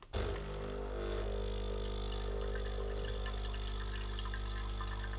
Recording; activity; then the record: daily activity, microphone in the room; make coffee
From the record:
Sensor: 4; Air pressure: 992.6 hPa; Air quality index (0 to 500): 142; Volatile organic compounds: 77 ppm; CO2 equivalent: 3580 ppm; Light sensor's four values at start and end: 16/57/21/21 and 17/60/22/23